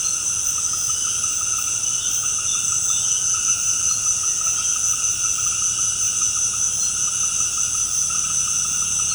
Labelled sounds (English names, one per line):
none